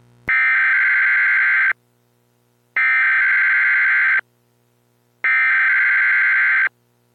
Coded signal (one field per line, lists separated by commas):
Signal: Emergency Alert System (SAME) tones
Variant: header bursts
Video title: EAS Scenario #1: Silent Phantoms-Part 1